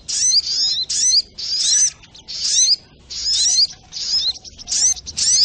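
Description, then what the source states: Sogok ontong singing high-pitched, sharp chattering bursts of rapid slurred notes, each burst roughly half a second long, separated by short silent gaps. Masteran (training recording for cage birds), Labaik variant.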